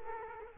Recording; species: mosquito wingbeat signal from an infrared sensor; Culex quinquefasciatus